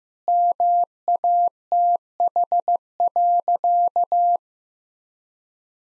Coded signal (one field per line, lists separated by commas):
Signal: Morse code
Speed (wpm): 15 wpm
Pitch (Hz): 700 Hz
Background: none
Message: MATH.